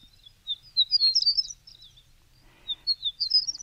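Horned Lark song: two bursts of high, thin, tinkling twitters separated by a short pause.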